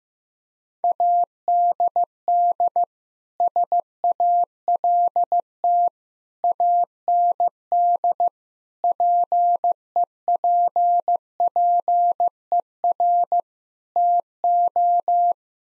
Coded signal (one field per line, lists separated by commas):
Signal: Morse code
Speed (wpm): 15 wpm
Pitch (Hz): 700 Hz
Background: none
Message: ADD SALT AND PEPPER TO